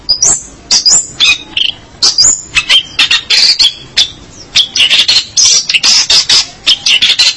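Long-tailed shrike song of varied high squeaky notes and scratchy bursts, delivered in quick, uneven clusters.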